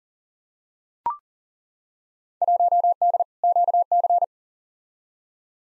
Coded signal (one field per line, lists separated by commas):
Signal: Morse code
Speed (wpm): 40 wpm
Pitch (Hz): 700 Hz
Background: none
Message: 1D QC